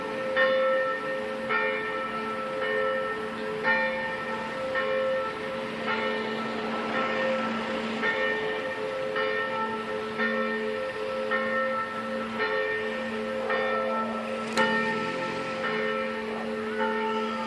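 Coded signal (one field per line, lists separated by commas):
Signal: bell signal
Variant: single small bell swung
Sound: one church bell swinging, struck roughly every 1.2 seconds, ringing continuously throughout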